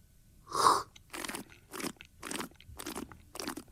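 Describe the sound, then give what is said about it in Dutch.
A series of six short, noisy slurps in quick succession as someone tastes an espresso (20 grams dosed to 40 grams out, made on a La Marzocco machine), the first one loudest with a whistling edge, the rest softer and evenly spaced, with no talking. “Sorry voor het geslurp.”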